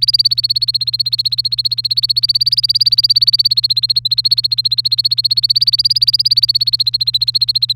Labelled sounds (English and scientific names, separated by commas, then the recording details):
Domestic Canary (Serinus canaria) song
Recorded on 3 May 2018 at 08:48
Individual llb3